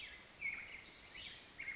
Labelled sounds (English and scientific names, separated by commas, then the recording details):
California Towhee (Melozone crissalis)
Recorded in Sonoma County, California